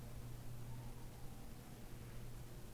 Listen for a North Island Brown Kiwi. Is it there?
no